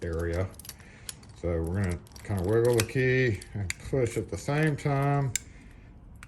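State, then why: Seated. Someone talks while a metal lever handle is pushed back onto a commercial cylindrical lockset chassis, being adjusted for a 1 3/8 inch thick door, with the key wiggled at the same time so the handle's post engages the spring return mechanism. Light metallic key jingles and handling rattles run under the talk, and the handle seats with a sharp click at 6.2 seconds.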